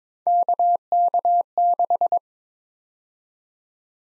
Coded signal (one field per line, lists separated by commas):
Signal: Morse code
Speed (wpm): 22 wpm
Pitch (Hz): 700 Hz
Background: none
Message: KK6